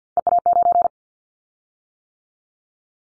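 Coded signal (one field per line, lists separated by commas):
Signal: Morse code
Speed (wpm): 50 wpm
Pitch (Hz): 700 Hz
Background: none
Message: EA9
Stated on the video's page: Callsign prefixes of the top 100 DXCC entities sent at 50 wpm as a head-copy drill; each prefix is sent, spoken, then sent again.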